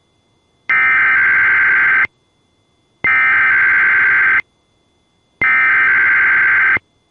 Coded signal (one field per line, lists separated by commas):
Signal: Emergency Alert System (SAME) tones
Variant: header bursts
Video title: EAS 2303: EXTREME WIND WARNING for Hurricane IDA